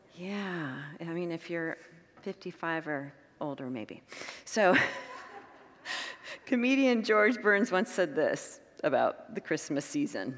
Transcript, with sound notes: Yeah, I mean, if you’re 55 or older maybe. [Congregants laugh] So, comedian George Burns once said this about the Christmas season;